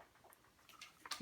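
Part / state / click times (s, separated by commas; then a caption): shotgun stock into receiver / seated / 1.1 s. During reassembly of a Hatsan Optima shotgun, the stock is pushed onto the receiver while the release button is pressed, first about halfway and then all the way. Faint scrapes and rubbing sounds lead up to a sharp click at 1.1 s, and the stock seats in place.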